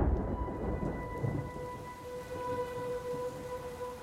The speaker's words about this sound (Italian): Questo racconto parte con una tempesta. Quella tempesta che abbiamo imparato a conoscere come tempesta Vaia. Fu una tempesta di vento e pioggia che investì ampie zone delle Alpi orientali fra il 20 e il 30 ottobre del 2018.